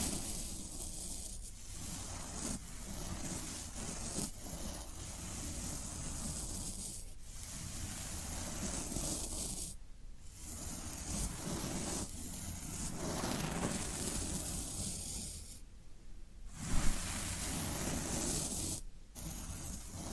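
Floral foam being pressed and rubbed gives a steady, dense crackling hiss with short gaps near 2, 7, 10, 16 and 19 seconds.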